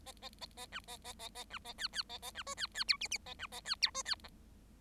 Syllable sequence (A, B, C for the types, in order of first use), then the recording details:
A A A A B A A A A B A C C A A B D C C E F F A B A C E D C G. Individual Bird7